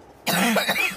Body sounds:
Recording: coughing mixed with background sound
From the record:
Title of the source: choking, hacking coughing

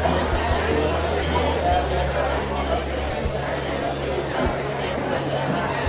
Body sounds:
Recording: background sound without coughing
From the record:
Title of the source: CITY SOUNDS Busy Bar in the Evening Night - 2 HOURS of Ambiance for Relaxation

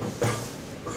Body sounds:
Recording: coughing mixed with background sound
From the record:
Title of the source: Cough Around the Clock!

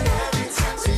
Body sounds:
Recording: coughing mixed with background sound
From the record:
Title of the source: female coughing - coughing sound effects girl

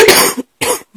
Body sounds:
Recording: coughing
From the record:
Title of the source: 30 Chesty and wet cough

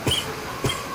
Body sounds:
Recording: coughing mixed with background sound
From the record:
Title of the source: Dry Afternoon Cough

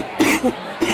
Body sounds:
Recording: coughing mixed with background sound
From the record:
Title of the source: 61 morning phlegmy cough...again

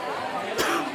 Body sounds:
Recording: coughing mixed with background sound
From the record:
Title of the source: 31 night wet cough

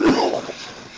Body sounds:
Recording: coughing mixed with background sound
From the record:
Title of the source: Coughing 77

